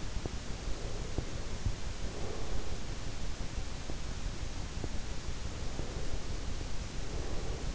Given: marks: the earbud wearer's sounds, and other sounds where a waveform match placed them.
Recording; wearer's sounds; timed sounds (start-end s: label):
sounds in sleep by an in-ear microphone; breath
0.64-3.01 s: breath
5.47-7.75 s: breath